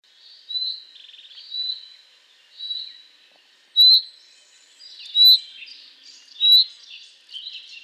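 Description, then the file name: Common chaffinch calls, short bright high notes repeated about once a second, with other birds' chirps overlapping in the second half. "Fringilla coelebs"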